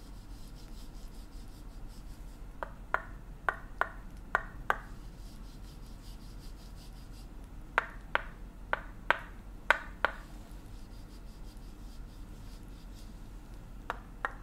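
Tok sen massage: a wooden hammer taps out quick, bright knocks in short bursts, about six near the start, a run of seven around eight to ten seconds, and two at the end. Between the bursts a soft, steady low rumble and faint rubbing continue.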